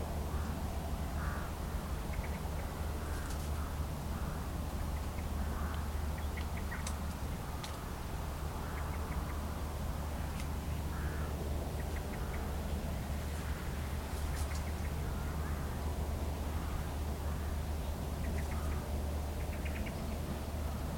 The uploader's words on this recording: A cold, crisp winter's walk along the Severn Estuary. We're beside the River Severn in South Gloucestershire on a cold, quiet, crisp, sunny winter afternoon. A gentle breeze moves through the last remaining leaves on the hedgerows and few birds sing. Recorded by Annie Sanderson.